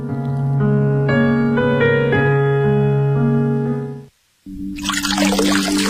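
A short melodic musical phrase plays for about four seconds, breaks off into brief silence, then a steady loud rush of water pouring from a tap takes over with a low hum beneath it.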